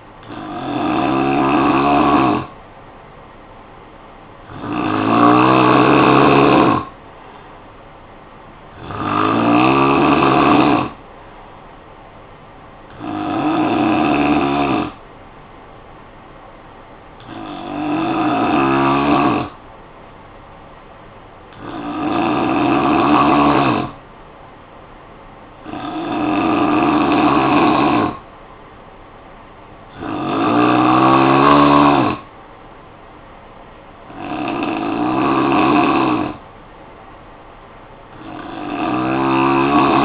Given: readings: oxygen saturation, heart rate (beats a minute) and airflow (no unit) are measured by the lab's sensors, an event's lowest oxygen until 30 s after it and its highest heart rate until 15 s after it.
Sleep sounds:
breathing in sleep by a voice recorder at the bedside; 1
20.00-34.10 s: hypopnea (N3, oxygen 93% highest, then 89% lowest, heart rate 55 at the start, 59 highest)
From the record:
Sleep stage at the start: N3 (deep sleep); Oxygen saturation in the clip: 89 to 93%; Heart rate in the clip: 53 to 59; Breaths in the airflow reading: 9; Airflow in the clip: -8.6 to 4.0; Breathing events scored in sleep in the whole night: 445 in 7.6 hours asleep

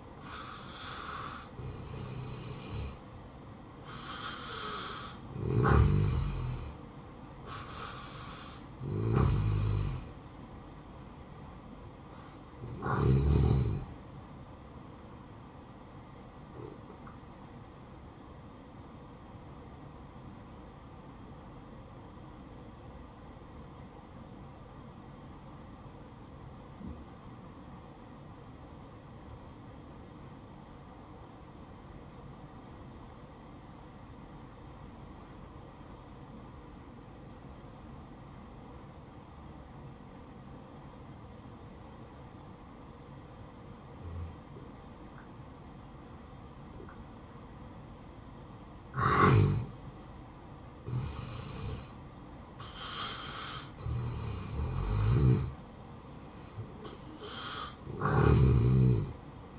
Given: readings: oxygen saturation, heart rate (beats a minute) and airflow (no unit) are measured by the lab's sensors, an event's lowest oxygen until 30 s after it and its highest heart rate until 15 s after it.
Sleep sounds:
breathing in sleep by a smartphone at the bedside; 1
20.00-51.60 s: hypopnea (N1, oxygen 95% highest, then 85% lowest, heart rate 64 at the start, 73 highest)
From the record:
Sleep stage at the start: N1 (lightest sleep); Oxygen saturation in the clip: 83 to 95%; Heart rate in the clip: 60 to 73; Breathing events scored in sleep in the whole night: 573 in 9.8 hours asleep

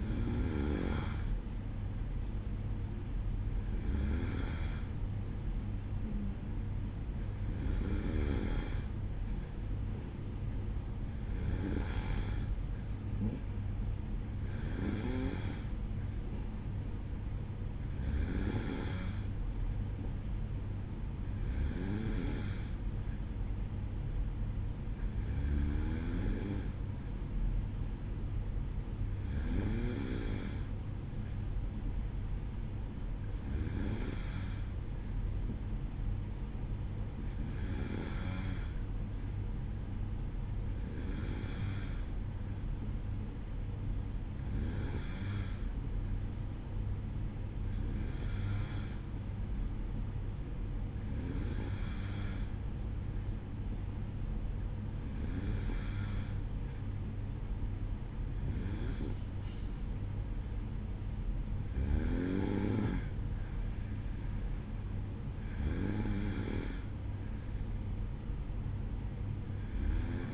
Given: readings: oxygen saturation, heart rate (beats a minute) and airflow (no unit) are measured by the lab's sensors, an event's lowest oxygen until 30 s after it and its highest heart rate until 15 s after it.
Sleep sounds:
breathing in sleep by a smartphone at the bedside; none
none scored
From the record:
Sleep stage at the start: N2 (light sleep); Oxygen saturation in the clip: 93 to 94%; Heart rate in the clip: 54 to 57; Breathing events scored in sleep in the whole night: 305 in 9.6 hours asleep

